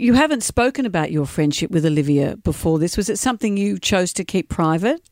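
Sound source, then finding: Adult radio host. Typical speech.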